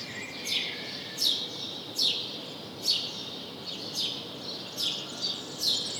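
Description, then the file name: House sparrow chirp calls, several clipped, descending notes in an uneven rhythm, set against a faint steady hiss. "Passer domesticus"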